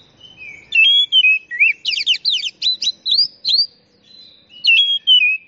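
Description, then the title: Oriental magpie-robin song: bright whistled notes lead into a long series of fast, sweeping buzzy notes, with the opening phrase repeated near the end. Champion bird. "Kicau Burung Kacer Juara"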